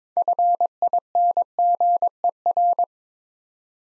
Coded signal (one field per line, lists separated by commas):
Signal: Morse code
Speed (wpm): 22 wpm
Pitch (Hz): 700 Hz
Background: none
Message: FINGER